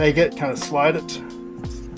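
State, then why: Not seated. Someone talks while a hand takes hold of the swivel lock slider on a front wheel of a Joie Ginger LX stroller and begins to slide it. A couple of faint sounds come near the end, but the lock has not clicked or seated yet.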